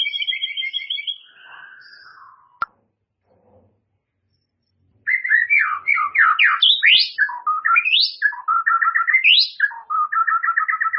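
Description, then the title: White-rumped shama song: rich whistled phrases and rapid trills, a pause of about two seconds, then a fast varied run of rising and falling whistled notes. "murai batu"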